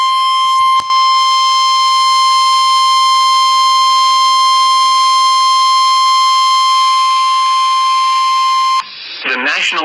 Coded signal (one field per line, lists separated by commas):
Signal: Emergency Alert System (SAME) tones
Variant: 1050 Hz attention tone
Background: speech